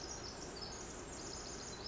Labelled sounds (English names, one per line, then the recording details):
Pacific Wren
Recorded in Sonoma County, California